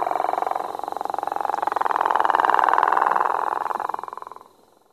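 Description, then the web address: Gopher frog giving a long snoring call made of rapid rough pulses; it swells in loudness, then fades and stops. "Bio 227-Herpetology Frog Calls Rana capito - Gopher Frog"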